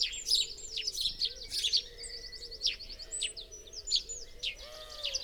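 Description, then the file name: House sparrow chirps, bright repeated chirping notes, with a lower droning hum underneath throughout. "Passer domesticus"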